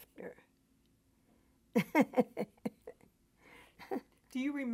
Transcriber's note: she laughs